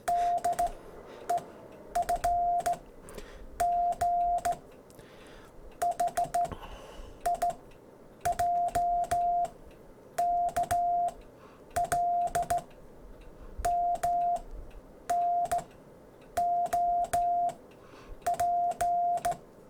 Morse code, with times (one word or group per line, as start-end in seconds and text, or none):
0.1-0.7 D
1.3-1.4 E
2.0-2.7 F
3.6-4.5 G
5.8-6.5 H
7.3-7.5 I
8.3-9.4 J
10.2-11.1 K
11.8-12.6 L
13.6-14.4 M
15.1-15.6 N
16.4-17.5 O
18.3-19.3 P